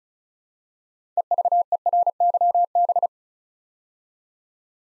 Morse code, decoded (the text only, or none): EVERYB